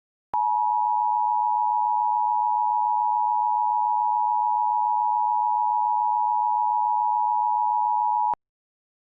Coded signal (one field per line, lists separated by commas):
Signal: Emergency Alert System (SAME) tones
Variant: 853 and 960 Hz attention tone